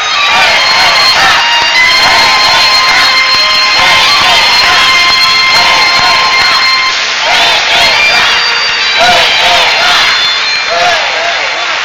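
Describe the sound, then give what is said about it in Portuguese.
Loud, sustained applause from a large crowd at a political rally in Ourense, Galicia, welcoming municipal spokesman Alexandre Sánchez Vidal: a dense unbroken roar of clapping and cheering lasting about twelve seconds, with shouts and whoops rising over it. “Un forte aplauso.”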